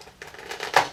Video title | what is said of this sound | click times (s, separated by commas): Ep. 49: How to Take Apart a Revo Speed | you can hear it snap | 0.8 s